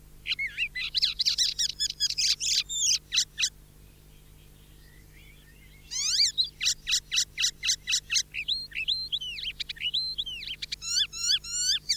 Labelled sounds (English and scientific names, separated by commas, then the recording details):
Icterine Warbler (Hippolais icterina) song
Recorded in the wild
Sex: male
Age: adult
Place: Erlangen, Bayern, DE
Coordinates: 49.6031, 10.9581
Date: 1964-05-09
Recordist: Tretzel, Erwin